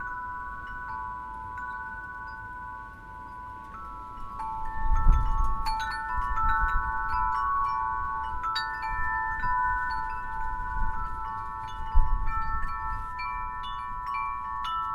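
Wind chimes ring with several sustained tones that hang and overlap for the whole clip, their pitches sitting in a bright middle range. New strikes add shimmering accents, busiest after about five seconds. Low wind rumbles underneath, gusting around five and twelve seconds.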